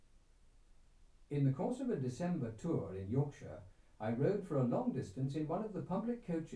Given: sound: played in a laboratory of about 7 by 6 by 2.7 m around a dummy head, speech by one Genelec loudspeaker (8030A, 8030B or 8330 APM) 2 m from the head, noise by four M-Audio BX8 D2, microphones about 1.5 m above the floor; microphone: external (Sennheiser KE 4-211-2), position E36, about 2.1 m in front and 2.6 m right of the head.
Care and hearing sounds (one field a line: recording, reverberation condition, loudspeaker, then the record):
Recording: male speech in English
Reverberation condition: low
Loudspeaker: in front (0 degrees)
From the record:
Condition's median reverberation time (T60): about 310 ms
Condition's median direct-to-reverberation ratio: about 3.5 dB